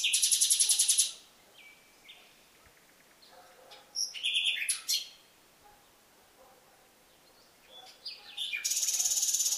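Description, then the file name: Common nightingale song opening with a rapid repeated high trill, then a varied phrase of sharp notes midway, and another fast buzzy trill at the end. "Luscinia megarhynchos"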